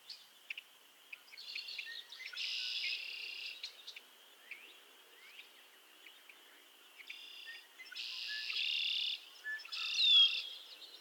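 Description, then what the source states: Frog chorus of several loud buzzy trills over a constant high hum, with one sharp swooping note near the end. Chorus of frogs calling to one another on a summer evening at Miners Marsh, Annapolis Valley, Nova Scotia.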